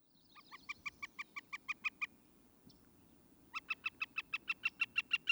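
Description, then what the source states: Northern Flicker call: two fast runs of loud, even kek notes, the second run following after a short pause. Played-back recording; a common woodpecker of towns, large and spotted, often seen in yards.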